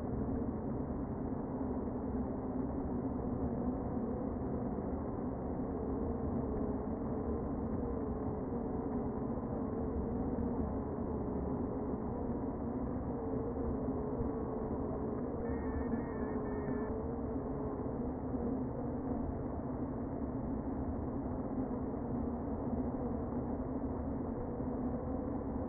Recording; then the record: honeybee colony, microphone inside the hive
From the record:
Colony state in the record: queen present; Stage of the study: before two queens were removed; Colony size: about 60,000 bees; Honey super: yes